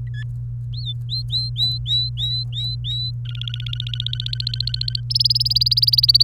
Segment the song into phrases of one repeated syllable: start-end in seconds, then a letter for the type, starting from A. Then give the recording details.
0.07-0.23 A, 0.74-3.11 B, 3.25-5.01 C, 5.10-6.23 D. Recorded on 27 April 2018 at 16:10. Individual llb3